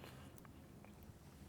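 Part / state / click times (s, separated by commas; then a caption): flex cable connector into phone logic board socket / not seated / none. A flex cable connector is handled over the socket on an iPhone 4S logic board, to be pressed back on, during a screen replacement. A low steady background runs throughout, with a few faint, short ticks near 0.4, 0.9 and 1.0 seconds. The connector has not seated or clicked in yet.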